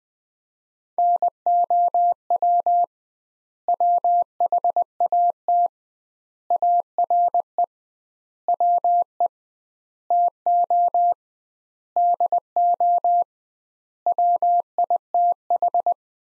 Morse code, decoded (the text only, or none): NOW WHAT ARE WE TO DO WITH